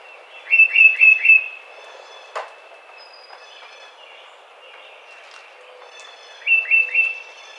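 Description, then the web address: Tufted titmouse giving a phrase of four fast slurred whistles at the start and one of three at the end, with a sharp click in between. Recorded 30 April 2009. "Tufted Titmouse 2009 04 30"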